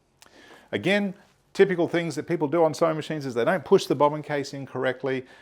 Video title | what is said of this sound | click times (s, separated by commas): Take a closer look at the Alfa Practik 9 Sewing Machine - Echidna Sewing | and make sure you hear it click | 0.2 s